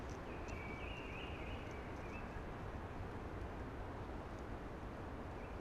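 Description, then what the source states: Eurasian blackbird song: one warbled, fluting phrase lasting about two seconds, over a constant rushing hiss. Blackbird singing early, amongst conifers with a hushing sound.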